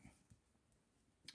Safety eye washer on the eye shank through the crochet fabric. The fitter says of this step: ah there we go because there's two thicknesses i'm only actually doing one click